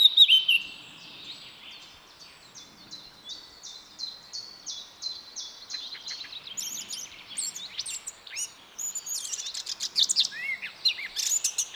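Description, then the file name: Eurasian blackcap with a series of quick repeated notes that break into a lively, jumbled warble of squeaky and fluty sounds, with faint background noise. "Sylvia atricapilla"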